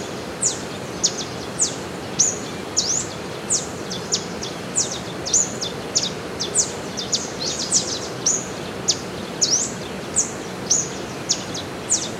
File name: rusty browed warbling finch